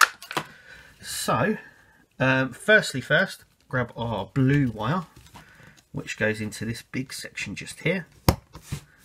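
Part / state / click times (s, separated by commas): wire connector into circuit board socket / seated / 8.3 s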